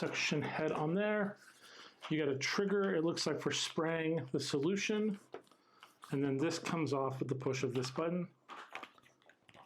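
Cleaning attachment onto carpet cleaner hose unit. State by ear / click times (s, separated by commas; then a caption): seated / 8.8 s. Someone talks while a plastic cleaning attachment, released from the hose unit of a Kenmore SpotLite Go portable carpet cleaner with the push of a button, is pushed back on. A sharp click at 8.8 s marks the attachment locking into place, followed by a few faint small clicks.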